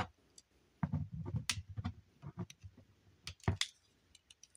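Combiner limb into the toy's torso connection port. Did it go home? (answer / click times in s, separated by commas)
yes / 1.5 s, 3.6 s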